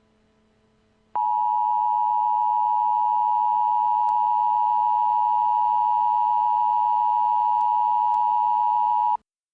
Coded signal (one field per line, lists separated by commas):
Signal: Emergency Alert System (SAME) tones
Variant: 853 and 960 Hz attention tone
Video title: RARE Tornado Emergency Alert | EAS Mock | Essex, Iowa 4-17-2025